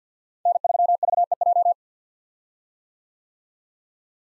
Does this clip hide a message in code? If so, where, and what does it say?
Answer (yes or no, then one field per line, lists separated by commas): yes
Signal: Morse code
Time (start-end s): 0.5-1.7 s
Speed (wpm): 50 wpm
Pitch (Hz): 700 Hz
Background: none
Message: N3VEJ